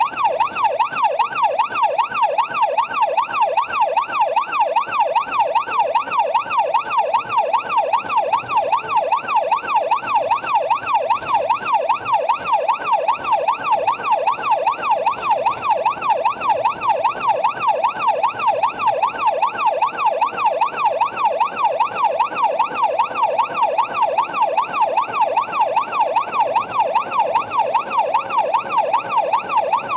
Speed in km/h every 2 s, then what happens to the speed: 85, 87, 88, 96, 101, 94, 94, 100, 101, 101, 105, 107, 109, 112, 116.
0-7 speeds up to 101. 12-30 speeds up to 116.